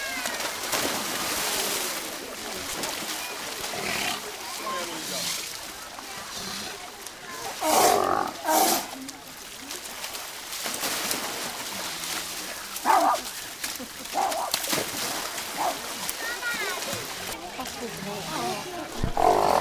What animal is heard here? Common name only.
South American Sea Lion